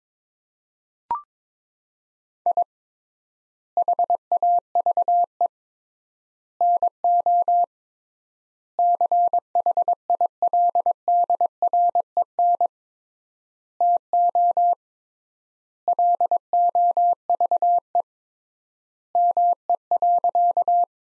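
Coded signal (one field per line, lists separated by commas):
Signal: Morse code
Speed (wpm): 22 wpm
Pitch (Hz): 700 Hz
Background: none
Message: I HAVE NO CHILDREN TO LOVE ME.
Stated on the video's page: Morse sentence practice from the top 400 words at 22 wpm with 3x standard word spacing, a word-level analogue of Farnsworth spacing.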